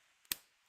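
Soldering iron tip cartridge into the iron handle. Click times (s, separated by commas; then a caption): 0.3 s. A soldering iron tip cartridge is pushed into its holder until it clicks, then put back into the soldering iron handle. A faint tick at 0.2 s is followed by a sharp, bright click at 0.3 s that fades quickly into quiet. The cartridge is seated.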